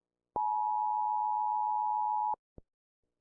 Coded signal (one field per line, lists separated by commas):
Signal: Emergency Alert System (SAME) tones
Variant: 853 and 960 Hz attention tone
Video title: Eas alarm launch disaster (1/20/2019)